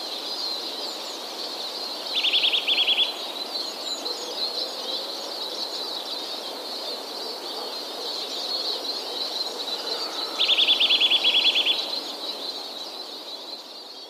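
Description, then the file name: Eurasian nuthatch giving two fast, even trills of rapid repeated notes, each about a second long, over a constant high hiss. "kowalik jeszcze szybsze tryle"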